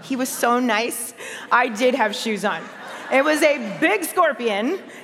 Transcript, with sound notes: He was so nice. I did have shoes on. (laughter) It was a big scorpion.